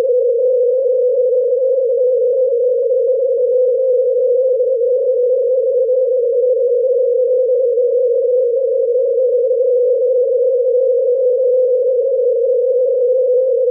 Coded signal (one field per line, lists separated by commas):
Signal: unidentified radio signal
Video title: Longwave VLF Signal of U.S. Navy Transmitter - NML from La Moure, North Dakota USA @ 25.2 kHz CW FSK